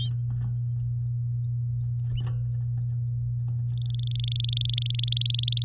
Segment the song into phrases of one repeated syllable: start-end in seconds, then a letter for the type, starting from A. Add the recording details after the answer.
3.70-5.01 A, 5.03-5.64 B. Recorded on 6 May 2018 at 10:31. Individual llb16